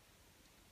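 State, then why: Not seated. A plastic Abbott FreeStyle Libre glucose sensor applicator is handled and pressed toward the upper arm, with only a steady, even hiss and faint rustle across the 0.8 seconds. Nothing has clicked or seated yet; the sensor filament has not fired into the skin.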